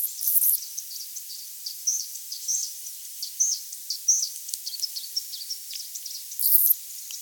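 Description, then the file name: Anna's hummingbird calls: sharp, high chip notes at an irregular quick pace, with brief very high buzzy bursts at the start and end. "Calypte anna - Anna's Hummingbird"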